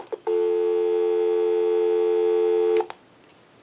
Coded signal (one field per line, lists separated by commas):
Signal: telephone call progress tone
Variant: North America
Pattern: dial tone